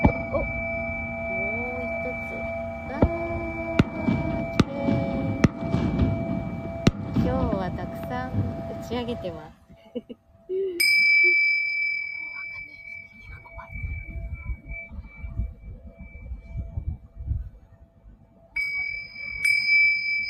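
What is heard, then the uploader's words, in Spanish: A Tibetan singing bowl rings with steady, layered tones through the first half, while a voice talks over it and a few sharp taps land around three to five seconds. After a brief drop, a brighter, higher ring sounds twice over a low background rumble. Cuenco tibetano desde Caribe Mexicano.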